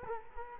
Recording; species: mosquito wingbeat signal from an infrared sensor; Culex quinquefasciatus